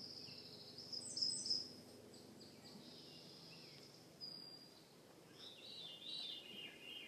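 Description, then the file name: Veery song, faint: a descending, swirling phrase late, with a thin high whistle from another bird earlier and low background hiss. Recorded in Juneau, Alaska, on 15 June 2014. "Veery Alaska Juneau Laurie Lamm"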